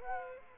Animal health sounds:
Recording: mosquito wingbeat signal from an infrared sensor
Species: Aedes aegypti

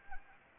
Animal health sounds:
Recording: mosquito wingbeat signal from an infrared sensor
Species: Anopheles arabiensis

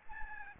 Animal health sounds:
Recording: mosquito wingbeat signal from an infrared sensor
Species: Aedes albopictus

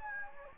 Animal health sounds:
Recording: mosquito wingbeat signal from an infrared sensor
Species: Anopheles gambiae

